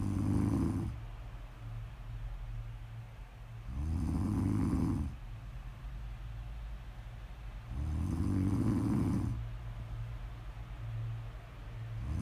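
An adult sleeper snores: rhythmic, low, rattling snores recur about every four seconds, roughly 15 a minute, with quieter breathing between.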